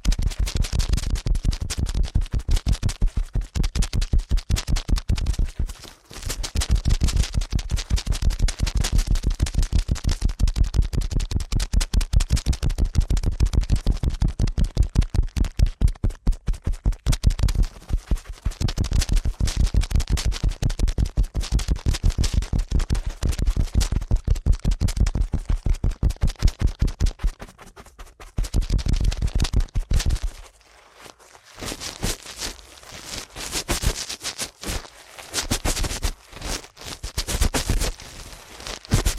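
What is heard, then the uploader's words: Ear cleaning at helicopter speed: dense, rapid scratching pulses run steadily, briefly pausing near six and thirty seconds, then continuing softer and sparser. ASMR Ear Cleaning at Helicopter Speed.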